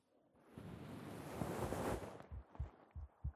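About a second and a half of cloth rustling gives way to two clear lub-dub pairs of soft, low thumps from an adult's chest, a regular beat of roughly 90 per minute, heard through a single layer of shirt on a Neumann microphone. The heart sounds come through much the same as without the shirt. A louder sound cuts in at the end.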